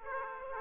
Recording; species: mosquito wingbeat signal from an infrared sensor; Aedes aegypti